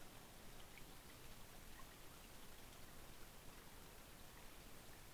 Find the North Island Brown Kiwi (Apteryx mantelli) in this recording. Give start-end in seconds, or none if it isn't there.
none